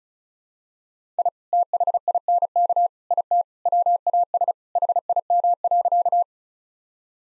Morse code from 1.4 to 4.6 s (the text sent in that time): THINK IT WAS